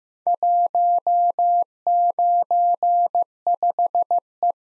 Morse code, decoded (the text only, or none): 195E